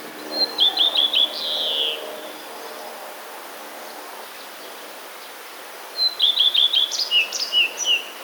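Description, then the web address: Common redstart song, two brief phrases separated by a pause: a high note, several rapid repeated chirps, then a harsher chattering finish, over faint background hiss. Song includes mimicry of sparrows; recorded 5 June 2022. "wroblowe zapozyczenia pleszka 05 06 2022"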